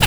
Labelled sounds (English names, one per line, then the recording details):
Zebra Finch tet call
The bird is a female
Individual fem1